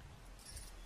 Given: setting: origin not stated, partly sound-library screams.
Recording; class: one-second piece from a danger detection set; normal situation